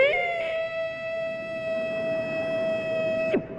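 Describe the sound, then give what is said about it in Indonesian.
An imsak siren, sounded ten minutes before the dawn call to prayer to mark the start of fasting, sounds one steady, unwavering tone for about three seconds, loud and alone, then abruptly drops in pitch as it cuts off. “Tahan bunyi sirine.”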